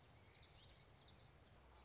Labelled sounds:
Common Yellowthroat (Geothlypis trichas)
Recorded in Sonoma County, California

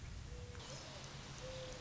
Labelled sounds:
Mourning Dove (Zenaida macroura)
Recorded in Sonoma County, California

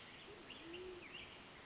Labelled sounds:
Band-tailed Pigeon (Patagioenas fasciata)
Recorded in Sonoma County, California

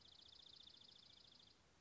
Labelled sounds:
Dark-eyed Junco (Junco hyemalis)
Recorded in Sonoma County, California

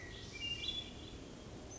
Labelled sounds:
Hermit Thrush (Catharus guttatus)
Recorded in Sonoma County, California

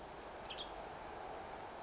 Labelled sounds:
Western Tanager (Piranga ludoviciana)
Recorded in Sonoma County, California

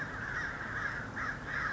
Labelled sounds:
American Crow (Corvus brachyrhynchos)
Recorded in Sonoma County, California

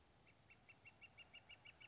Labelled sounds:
Northern Flicker (Colaptes auratus)
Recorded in Sonoma County, California

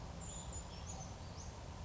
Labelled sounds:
Brown Creeper (Certhia americana)
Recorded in Sonoma County, California

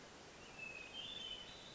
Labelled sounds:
Hermit Thrush (Catharus guttatus)
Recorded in Sonoma County, California

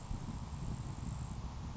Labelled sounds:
Grasshopper Sparrow (Ammodramus savannarum)
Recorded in Sonoma County, California

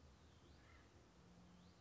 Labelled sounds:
Acorn Woodpecker (Melanerpes formicivorus)
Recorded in Sonoma County, California

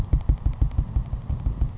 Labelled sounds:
Savannah Sparrow (Passerculus sandwichensis)
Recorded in Sonoma County, California

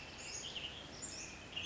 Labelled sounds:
Western Tanager (Piranga ludoviciana)
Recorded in Sonoma County, California

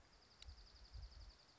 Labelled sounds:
Dark-eyed Junco (Junco hyemalis)
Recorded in Sonoma County, California

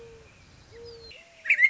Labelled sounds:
Mourning Dove (Zenaida macroura)
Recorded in Sonoma County, California

